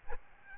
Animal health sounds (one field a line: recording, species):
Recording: mosquito wingbeat signal from an infrared sensor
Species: Aedes albopictus